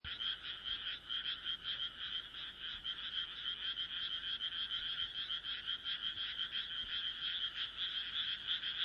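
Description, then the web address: Frogs calling in a dense, continuous chorus of rapid, rasping pulsed croaks that overlap steadily throughout, with no other clear sounds. "kaeru kaeru"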